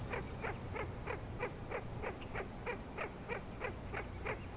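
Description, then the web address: Frog giving evenly spaced pulsed calls, about three a second, over a low continuous hum. Frog chorus recorded at Grafton Lake on 3 May 2009. "The Frog Chorus Tunes Up On Grafton Lake"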